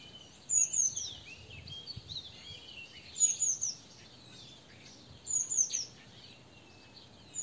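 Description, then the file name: Eurasian blue tit calls: short clusters of very high, sharp, thin notes, three bursts a couple of seconds apart, with softer twittering from other birds beneath. "Cyanistes caeruleus"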